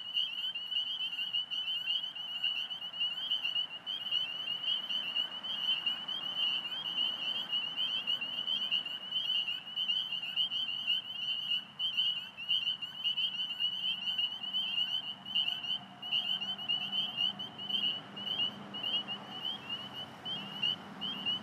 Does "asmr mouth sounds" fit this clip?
no